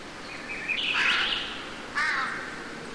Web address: The Ridges Sanctuary woods birds crows leaves